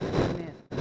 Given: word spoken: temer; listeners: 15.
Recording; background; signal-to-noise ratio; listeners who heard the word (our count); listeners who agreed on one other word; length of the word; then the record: one Spanish word in noise, from a listening test; noise modulated by one talker; -7.6 dB; 0 of 15; 6 of 15; 0.42 s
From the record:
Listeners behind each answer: 6, 5, 1, 1, 1, 1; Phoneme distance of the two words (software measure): 10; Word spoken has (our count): 2 syllables, 5 phonemes, stress on syllable 2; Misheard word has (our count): 2 syllables, 5 phonemes, stress on syllable 2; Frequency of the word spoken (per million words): 8.56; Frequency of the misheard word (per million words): 380.37